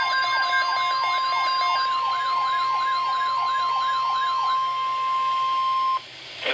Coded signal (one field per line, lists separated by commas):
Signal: Emergency Alert System (SAME) tones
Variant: 1050 Hz attention tone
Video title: Severe Thunderstorm Watch #286 (EAS #59)